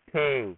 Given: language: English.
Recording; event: throat vibration sensor signal played as sound; speech